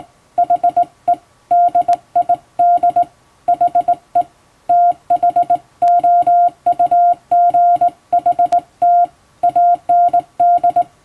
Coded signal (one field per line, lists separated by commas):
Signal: Morse code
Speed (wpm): 21 wpm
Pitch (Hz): 700 Hz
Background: none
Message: HE DID HE THOUGHT AND